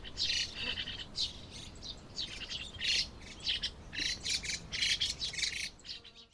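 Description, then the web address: White-cheeked starling uttering loud, grating, noisy calls in repeated bursts, the harsh chatter continuing steadily before stopping at the end. Wild bird. "yacho koe mukudori"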